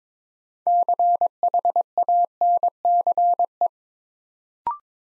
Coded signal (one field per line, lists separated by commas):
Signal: Morse code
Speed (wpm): 22 wpm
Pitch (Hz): 700 Hz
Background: none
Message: CHANCE